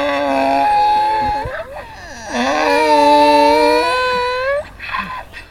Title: Animus. Jeunes ânes - Buoux, Vaucluse - février 2011